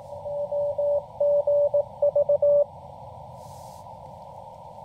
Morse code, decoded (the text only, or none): WGV